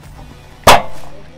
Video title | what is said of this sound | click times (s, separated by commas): Tutoriel - pose d'un volet coulissant (Sirius) - Menuiseries À Poser | On entend un clic. | 0.7 s